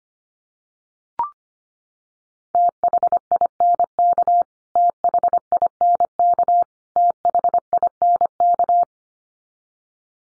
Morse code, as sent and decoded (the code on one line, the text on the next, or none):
- .... .. -. -.- / - .... .. -. -.- / - .... .. -. -.-
THINK THINK THINK